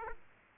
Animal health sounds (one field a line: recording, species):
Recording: mosquito wingbeat signal from an infrared sensor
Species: Aedes aegypti